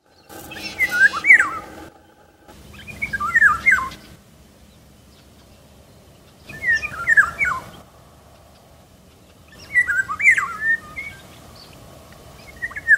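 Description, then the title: Eurasian golden oriole song: several short, fluting whistled phrases separated by quiet gaps. Insectivorous bird described as having a magnificent appearance and a wonderful song. "Sárgarigó (Oriolus oriolus)"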